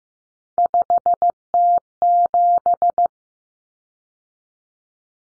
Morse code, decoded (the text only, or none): 5T7